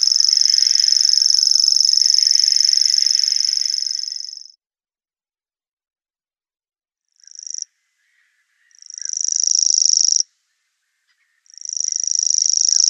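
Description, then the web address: Common grasshopper warbler song: a high, rapid reel that stops after about four and a half seconds, then returns in three separate bursts, each swelling in gradually, with silence between them. "Schulze Peter Grasshopper Warbler song"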